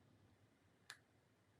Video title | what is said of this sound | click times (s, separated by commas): Build an Outfit With Me - The Perfect Spring Outfit Formula | then you know that it's clicked in and it's locked, and it's all good. | 0.9 s